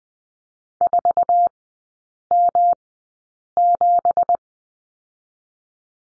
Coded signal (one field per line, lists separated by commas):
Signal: Morse code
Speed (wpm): 20 wpm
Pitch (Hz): 700 Hz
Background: none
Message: 4M7